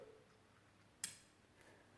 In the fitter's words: I'm simply going to slide the 1911 Ultra tool onto the end of the guide rod. You'll hear it click.